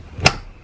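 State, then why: Seated. A metal LATCH connector on an infant car seat base slides onto the vehicle's metal lower anchor bar. It gives a single sharp click at 0.3 seconds, and the connector is seated on the anchor.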